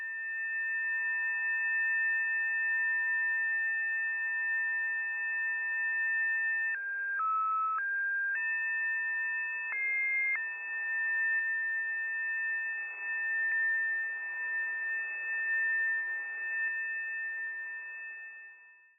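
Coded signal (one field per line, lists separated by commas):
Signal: unidentified radio signal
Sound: steady chord of several pure tones over hiss, with two brief stepped pitch shifts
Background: radio static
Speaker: the buzzer was also interspersed with some other digital sort of tone later on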